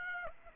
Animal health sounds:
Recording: mosquito wingbeat signal from an infrared sensor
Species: Aedes aegypti

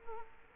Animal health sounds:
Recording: mosquito wingbeat signal from an infrared sensor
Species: Culex quinquefasciatus

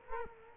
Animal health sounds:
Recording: mosquito wingbeat signal from an infrared sensor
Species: Culex quinquefasciatus

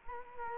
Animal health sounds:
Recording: mosquito wingbeat signal from an infrared sensor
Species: Culex quinquefasciatus

